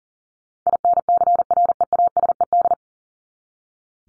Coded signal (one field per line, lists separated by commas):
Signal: Morse code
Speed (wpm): 40 wpm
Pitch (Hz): 700 Hz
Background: none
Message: INCREASED